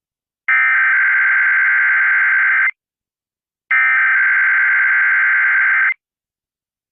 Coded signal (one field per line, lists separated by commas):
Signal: Emergency Alert System (SAME) tones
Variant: header bursts